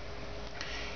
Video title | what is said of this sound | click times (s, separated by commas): Ruger mk3 field strip | just push down in your gun pad here click | 0.6 s